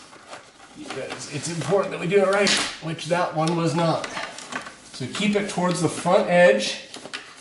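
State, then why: Not seated. Someone talks while handling the battery pack of a motorized Hunter Douglas Sonnette shade, guiding it toward the front edge of its mounting bracket in the headrail after a previous attempt that wasn't seated right. Faint handling noises are heard under the speech, with a brief sharp sound near 7.2 s. Nothing has seated or clicked yet.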